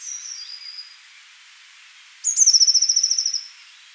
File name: Cyanistes caeruleus